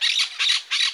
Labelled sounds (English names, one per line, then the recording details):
Brown-throated Parakeet contact call
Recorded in Margarita
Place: San Francisco, near stadium
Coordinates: 11.018, -64.294